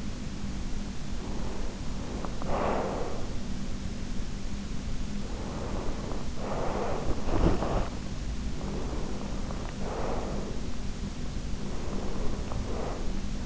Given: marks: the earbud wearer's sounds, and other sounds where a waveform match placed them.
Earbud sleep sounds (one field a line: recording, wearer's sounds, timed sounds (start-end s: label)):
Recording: sounds in sleep by an in-ear microphone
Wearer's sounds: breath, body movement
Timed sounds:
0.94-3.45 s: breath
4.99-7.21 s: breath
7.21-8.25 s: body movement
8.63-10.84 s: breath
11.47-13.35 s: breath